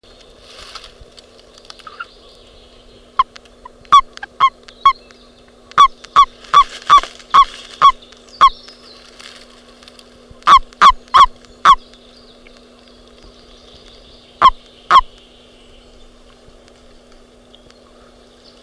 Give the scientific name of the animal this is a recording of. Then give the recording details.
Bufo bufo. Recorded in captivity. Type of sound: call. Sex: male. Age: adult. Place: Strausberg, Brandenburg, DE. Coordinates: 52.5478, 13.8744. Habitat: lake. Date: 1969-04-26. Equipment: Uher 4200, Telefunken-Mikrofon, Vorverstärker 2. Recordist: Tembrock, Günter. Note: Herrensee. Männchen, Laute (in Hand gehalten). Zeitangabe: Aufnahmen von 8.30 bis 16.00 Uhr